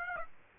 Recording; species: mosquito wingbeat signal from an infrared sensor; Aedes aegypti